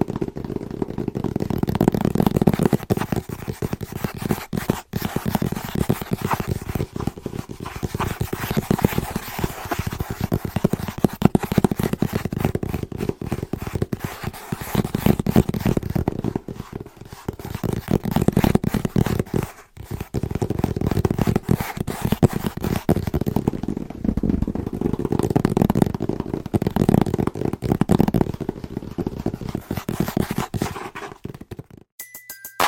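Fast, rhythmic tapping on wrapped Christmas presents, a dense, steady patter of soft hollow knocks running throughout, with brief pauses near five and twenty seconds.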